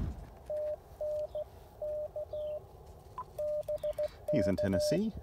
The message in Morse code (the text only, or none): TN K BK